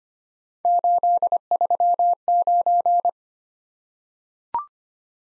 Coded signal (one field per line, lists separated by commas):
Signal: Morse code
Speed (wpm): 25 wpm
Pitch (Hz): 700 Hz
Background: none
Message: 839